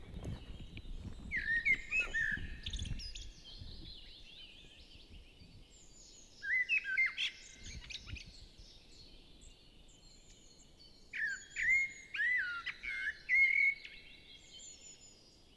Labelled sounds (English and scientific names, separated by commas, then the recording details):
Common Blackbird (Turdus merula) song
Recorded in the wild
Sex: male
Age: adult
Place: Goriner Forst, Naturpark Barnim, Brandenburg, DE
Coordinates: 52.7036, 13.4906
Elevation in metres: 77
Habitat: deciderous forest
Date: 2014-04-27
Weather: cloudy, 10°C, windless
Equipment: Sound Devices 702, Sennheiser MKH 70, Rycote Windschutz
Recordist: Frommolt, Karl-Heinz